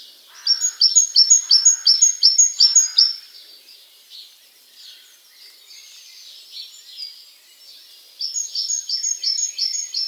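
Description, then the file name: Great tit song: clear high two-note phrases repeated rapidly in a strophe, a quiet gap with soft calls, then the rhythmic phrases resume. "Parus major"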